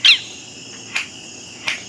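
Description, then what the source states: Grey parrot giving three short high-pitched calls, the first loudest, then two softer ones under a second apart. One of two younger birds a researcher continues to work with.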